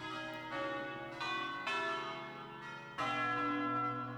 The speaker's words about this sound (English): We're now listening to some bells uploaded to the Apparee sound maps.